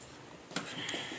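After the spring is refitted in a dishwasher door lock mechanism, the door latch is pushed into the lock and catches with a sharp click at 0.6 s, leaving it locked. The click stands out over a low background hiss.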